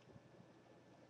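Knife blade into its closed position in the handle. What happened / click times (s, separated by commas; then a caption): The blade is pushed against spring tension but has not clicked shut yet; a sharp onset right at the end could be mistaken for the closing click / none. A Milano Automatic switchblade knife blade is folded shut by hand against its spring tension, moving toward its closed position in the handle. Only a quiet, low handling rustle with faint soft ticks is heard, then a sharp, brief sound starts right at the end, around 1.1 s. Nothing has seated or clicked closed yet.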